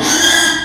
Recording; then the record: squeal of a Yucatan mini pig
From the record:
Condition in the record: after surgery on the right vocal fold (resection and tissue-engineered implant); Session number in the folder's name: 3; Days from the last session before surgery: 33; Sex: male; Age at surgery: 12 weeks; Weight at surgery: 13 kg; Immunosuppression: cyclosporine, prednisolone